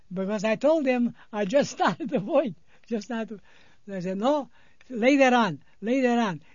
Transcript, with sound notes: Because I told them I just started to work. (he laughs) Just started. They said, "No, later on, later on.